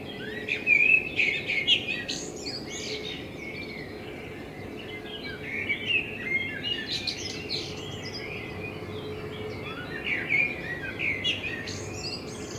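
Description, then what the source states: Common blackbird delivering several warbled phrases of low fluting notes topped with thin high twitters, separated by quiet gaps, over a steady hum. Blackbird in front of the recordist's window; captured binaurally with a self-built dummy head, for headphone listening.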